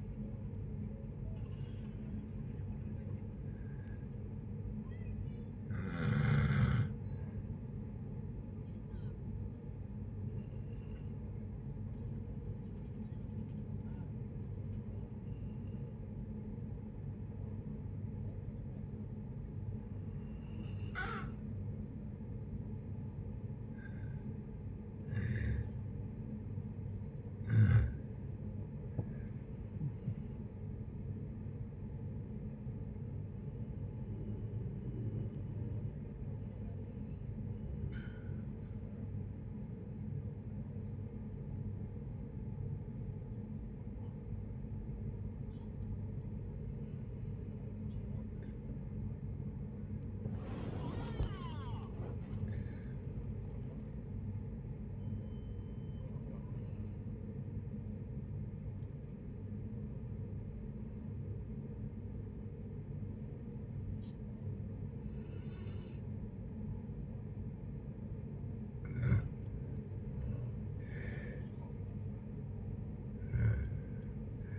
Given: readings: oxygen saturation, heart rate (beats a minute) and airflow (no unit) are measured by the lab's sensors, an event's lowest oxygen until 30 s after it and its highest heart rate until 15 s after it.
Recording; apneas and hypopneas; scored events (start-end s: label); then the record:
a person awake in a sleep study, by a smartphone at the bedside; none
0.00-74.59 s: awake
0.00-74.59 s: awake
From the record:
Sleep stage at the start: awake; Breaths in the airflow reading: 26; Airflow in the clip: -0.7 to 0.7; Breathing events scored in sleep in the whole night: 496 in 5.4 hours asleep